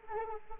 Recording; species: mosquito wingbeat signal from an infrared sensor; Anopheles arabiensis